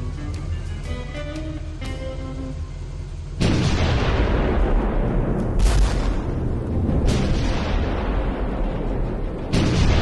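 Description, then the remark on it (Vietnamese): Four to five 105 mm artillery guns set in the middle of a road fire again and again, each loud, sharp boom breaking into a continuous heavy rumble, after a brief stretch of steady tonal humming at the start. “Ngay trên khoảng rộng thoáng của con đường hướng Bắc Chớp và đặt giữa đường là 4-5 khẩu pháo 105 ly liên tục nhả đạn.”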